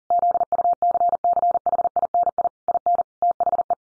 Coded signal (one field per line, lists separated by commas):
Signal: Morse code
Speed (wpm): 40 wpm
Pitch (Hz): 700 Hz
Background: none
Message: ZUCCHINI IN THE